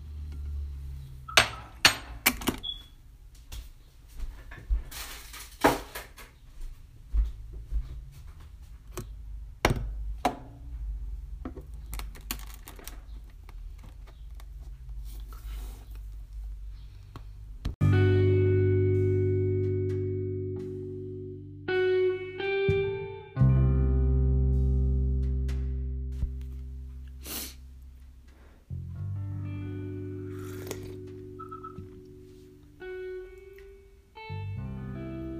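Someone prepares food. For the first half, scattered clicks, taps and light knocks sound over a low hum. Around 18 seconds a loud, deep droning appliance starts, running in three long stretches with short breaks until the end.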